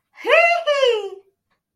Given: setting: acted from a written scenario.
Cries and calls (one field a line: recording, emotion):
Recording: vocal sound without words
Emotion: triumph